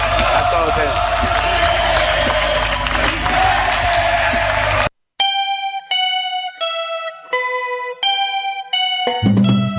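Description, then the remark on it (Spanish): A crowd applauds and cheers in a dense, steady wash of clapping for about five seconds, then it cuts off abruptly and a string of bright, stepped melodic tones follows. “Este aplauso para ustedes.”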